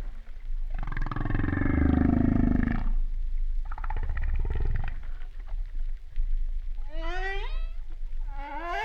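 Humpback whale song: a long loud pulsed roar, a shorter pulsed buzz, then two high rising sweeps with rich overtones.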